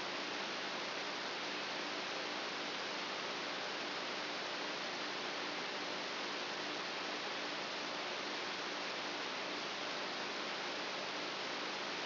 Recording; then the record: brain microelectrode recording played as sound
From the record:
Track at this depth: outside the subthalamic nucleus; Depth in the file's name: 8.5 mm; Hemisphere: right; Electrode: 2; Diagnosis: Parkinson's disease